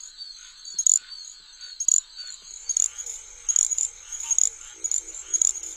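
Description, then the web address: Little grass frog calls, very high thin chirps given singly and in short runs, irregularly spaced, over a steady high-pitched hum. "Songs of Frogs Toads of North America. Little Grass Frog"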